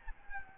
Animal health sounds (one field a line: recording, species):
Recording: mosquito wingbeat signal from an infrared sensor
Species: Aedes albopictus